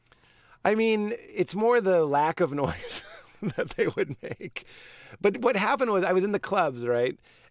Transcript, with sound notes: I mean, it's more the lack of noise that they would make (laughter). But what happened was I was in the clubs - right?